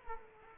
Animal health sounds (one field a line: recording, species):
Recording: mosquito wingbeat signal from an infrared sensor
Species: Culex quinquefasciatus